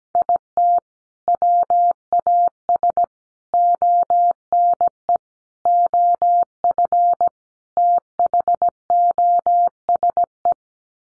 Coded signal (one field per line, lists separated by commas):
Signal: Morse code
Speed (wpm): 17 wpm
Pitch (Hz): 700 Hz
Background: none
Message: IT WAS ONE OF THOSE